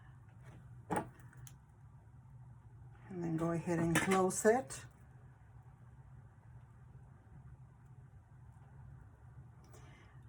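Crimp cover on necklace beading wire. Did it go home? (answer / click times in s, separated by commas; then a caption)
no / none. A crimp cover, or clasp part, is placed onto the beading wire of a heishi clay bead necklace and lined up before being squeezed closed. A short tap sounds near 0.9 s, then faint ticks around 1.3 and 1.5 s, and someone talks from about 3.1 to 4.8 s over a low steady hum. The crimp cover has not been closed and no click has sounded yet.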